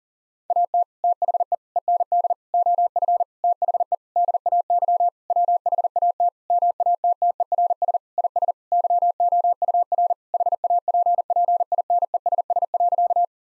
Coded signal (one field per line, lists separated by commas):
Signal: Morse code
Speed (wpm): 40 wpm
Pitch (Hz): 700 Hz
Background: none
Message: AT THE END OF THE DAY WHAT MATTERS IS YOUR HAPPINESS.